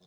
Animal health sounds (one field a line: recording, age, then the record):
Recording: pig call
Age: piglet (1 to 25 days)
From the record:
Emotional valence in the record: positive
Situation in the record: short reunion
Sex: female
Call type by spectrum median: low-frequency call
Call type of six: low-frequency tonal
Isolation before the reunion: 3 minutes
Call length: 0.07 s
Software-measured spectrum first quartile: 299 Hz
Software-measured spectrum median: 1331 Hz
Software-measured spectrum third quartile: 4137 Hz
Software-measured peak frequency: 174 Hz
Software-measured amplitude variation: 7 dB a second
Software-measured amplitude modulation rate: 7.2 a second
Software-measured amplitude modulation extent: 0.9 dB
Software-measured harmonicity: 4.6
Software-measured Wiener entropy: -2.62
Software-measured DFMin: 1358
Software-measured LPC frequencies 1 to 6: 3558, 5140, 6106, 6858, 8758, 11074 Hz